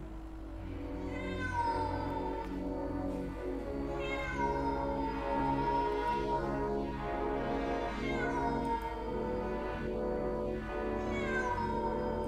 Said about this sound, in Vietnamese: Trong lòng bồn chồn lo lắng, con mèo ở trên tầng bỗng kêu lên thảm thiết.